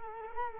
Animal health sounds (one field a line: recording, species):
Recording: mosquito wingbeat signal from an infrared sensor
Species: Culex quinquefasciatus